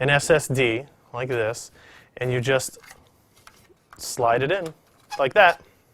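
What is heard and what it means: A 2.5-inch SSD is handled and slid into the tool-less plastic drive sled of a removable drive cage in a Corsair Obsidian Series 350D PC case while someone talks. Soft handling noises sit between the speech. The SSD has not yet snapped or seated in the sled.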